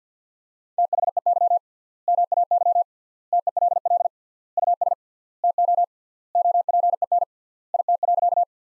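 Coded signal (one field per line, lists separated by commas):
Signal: Morse code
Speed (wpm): 50 wpm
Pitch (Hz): 700 Hz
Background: none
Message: THEY MAY TELL US TO OPEN IT.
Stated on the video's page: Morse practice sentences from the top 300 words at 50 wpm with 3x word spacing, a word-level analogue of Farnsworth spacing, for head-copy training.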